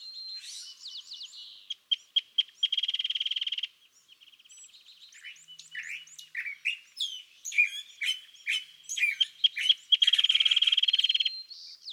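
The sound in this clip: California thrasher song, a long improvised stream of chips, squeaks, harsh notes and whistles, broken by two rapid buzzy rattling trills.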